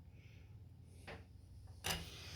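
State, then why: Not seated. The plastic head piece of a brick-built pig figure is handled against the finished brick torso assembly, with quiet rustling, a soft brief scrape around 1.1 s and a louder short handling noise near 1.9 s. Nothing has snapped or seated yet when the clip ends.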